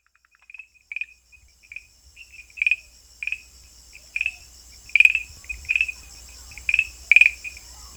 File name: Rhacophorus arvalis